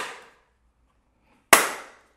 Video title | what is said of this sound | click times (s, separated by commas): PSI How To: Mount your PCM / TCM for your LS LT Swap (ACC-1030 , ACC-1048 , ACC-1050) | they're all flat across the back for the mounting surface and they just snap right in with a little bit of force and | 1.5 s